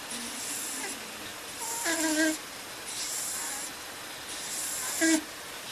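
Four slow, breathy snoring cycles over about six seconds, hissy airflow with brief nasal squeaks, from a sleeping cat.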